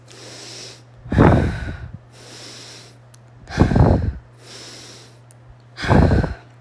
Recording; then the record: deep breathing after running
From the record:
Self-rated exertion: light exertion (2 of 6); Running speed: 6 miles an hour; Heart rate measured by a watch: 105 beats a minute at the start, 98 at the end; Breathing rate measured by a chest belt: 19 breaths a minute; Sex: female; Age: 30 years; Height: 160 cm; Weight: 51 kg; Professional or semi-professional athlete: no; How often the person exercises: 3 to 5 times a week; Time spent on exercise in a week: over 5 hours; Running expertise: no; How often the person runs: 3 to 5 times a week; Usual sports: running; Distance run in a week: 60 km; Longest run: 42 km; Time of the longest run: 267 minutes